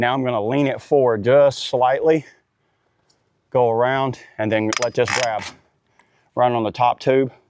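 Someone talks while handling a hitch bike rack's locking arm, leaning the e-bike forward slightly and wrapping the arm around its top tube, with a faint brief tick at 3.1 s between the speech. The arm has not yet been ratcheted down onto the frame, and nothing has seated or clicked yet.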